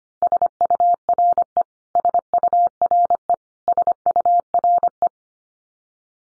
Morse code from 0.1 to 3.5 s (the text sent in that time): SURE SURE